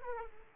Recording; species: mosquito wingbeat signal from an infrared sensor; Aedes aegypti